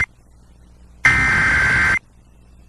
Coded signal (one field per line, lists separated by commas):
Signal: Emergency Alert System (SAME) tones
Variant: header bursts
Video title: Okanogan EAS Alert: Required Monthly Test (09/04/2023)